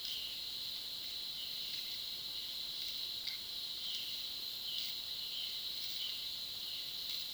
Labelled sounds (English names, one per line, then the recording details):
none
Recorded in pastures near Puerto Asís, Putumayo, Colombia, on 19 February 2024 at 08:30
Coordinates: 0.497, -76.327
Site G7276